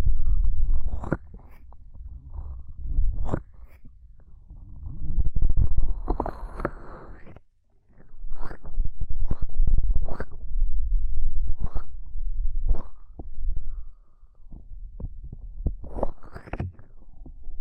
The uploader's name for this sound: Ear Cupping Triggers